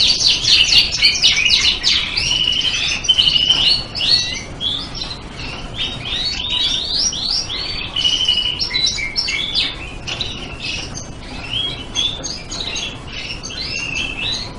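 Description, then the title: Canary giving a sustained song: tumbling high chirps, buzzy rapid trills and brief whistled notes flowing without pause, over a soft constant hiss. Border canary (Border Fancy) breed; song used as a master for training songbirds. "Suara Burung Kenari Border (Border Fancy) Masteran"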